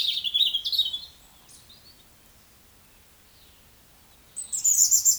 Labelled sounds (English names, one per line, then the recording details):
Eurasian Woodcock whistle
Eurasian Woodcock croak
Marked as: croak, whistle, croak
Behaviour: display flight
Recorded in Baden-Württemberg, Germany, on 17 June 2021 at 19:51 UTC
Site 25832, 648 m above sea level